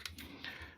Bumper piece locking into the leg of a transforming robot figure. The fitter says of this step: locks into place when it wants to there we go like that